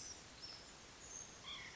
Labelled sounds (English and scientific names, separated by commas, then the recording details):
White-breasted Nuthatch (Sitta carolinensis)
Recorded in Sonoma County, California